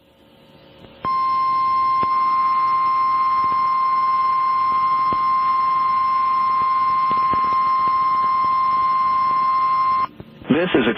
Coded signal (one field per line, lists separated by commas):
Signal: Emergency Alert System (SAME) tones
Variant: 1050 Hz attention tone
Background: speech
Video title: EAS caught on audio